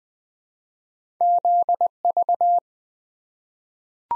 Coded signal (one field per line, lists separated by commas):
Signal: Morse code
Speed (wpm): 20 wpm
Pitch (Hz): 700 Hz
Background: none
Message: ZV